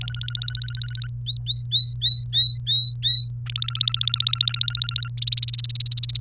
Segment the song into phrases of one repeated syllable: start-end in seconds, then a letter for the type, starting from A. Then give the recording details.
0.01-1.06 A, 1.26-3.28 B, 3.46-5.08 A, 5.17-6.17 C. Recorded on 28 April 2018 at 17:54. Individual llb3